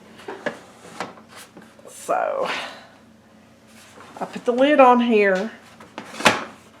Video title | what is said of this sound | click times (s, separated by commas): Unboxing And Using Electric Pressure Canner For The First Time #prestocanner #canning | and turn it and it says locked | 6.0 s, 6.3 s